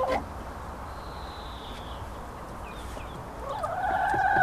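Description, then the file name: Chicken: hen giving a drawn-out, harmonic squawk that rises and swells near the end, after a quiet stretch with a faint high whistle earlier on. Hens recorded on 5 April 2014 with an MZ-N710 recorder. "Poules 5 04 14"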